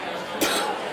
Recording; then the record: coughing mixed with background sound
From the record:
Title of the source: 64 coughing, allergies, singing lungs